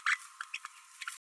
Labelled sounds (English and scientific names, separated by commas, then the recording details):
Green-rumped Parrotlet (Forpus passerinus) babbling
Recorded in a nest box in Venezuela
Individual 18B12A1